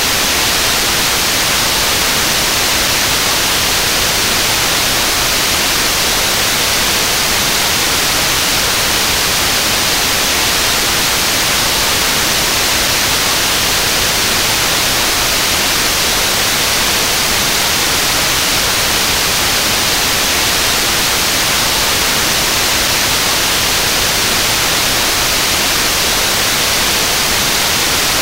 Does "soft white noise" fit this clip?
yes